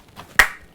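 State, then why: Seated. The removable dirty-water tank of a Simwal SW02 cordless wet-dry floor vacuum, cleaned and dried, is pushed back into the machine body. After a couple of faint handling sounds, a sharp, loud plastic snap rings out at 0.4 s as the tank seats in place.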